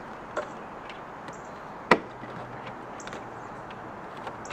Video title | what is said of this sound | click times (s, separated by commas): How Remove and Replace Tow Mirror Caps on a 2014 - 2019 Chevy Silverado & GMC Sierra | make sure you line everything up and just press it into place until you hear the click | 1.9 s